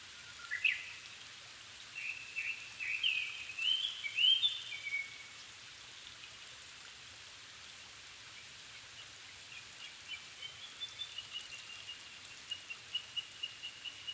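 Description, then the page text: Japanese thrush sings a whistled, warbling phrase early on, followed by fainter short notes and soft chips toward the end over steady hiss. Recorded 7 May 2011 at 17:59, altitude 270 m, with a Sony PCM-D50 recorder. "kurotugumi 20110507-1759. Turdus cardis"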